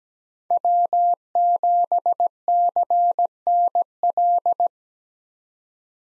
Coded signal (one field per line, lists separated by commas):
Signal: Morse code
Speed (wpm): 17 wpm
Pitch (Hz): 700 Hz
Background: none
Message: W7CNL